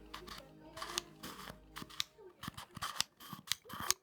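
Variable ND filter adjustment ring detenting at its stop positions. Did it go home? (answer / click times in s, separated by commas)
yes / 1.0 s, 2.0 s, 3.0 s, 3.5 s, 3.9 s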